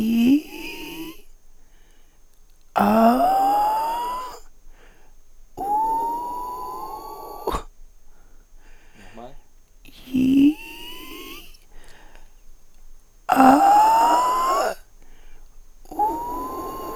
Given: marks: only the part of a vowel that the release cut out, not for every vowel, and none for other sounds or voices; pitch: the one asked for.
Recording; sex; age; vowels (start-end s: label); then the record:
sustained vowels; female; 50 to 59 years
0.00-0.59 s: vowel /i/, normal pitch
2.85-3.86 s: vowel /a/, normal pitch
5.70-6.73 s: vowel /u/, normal pitch
13.45-14.53 s: vowel /a/, high pitch
16.03-16.60 s: vowel /u/, high pitch
From the record:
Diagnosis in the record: recurrent laryngeal nerve paralysis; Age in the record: 53 years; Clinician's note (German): Kompensierte, alte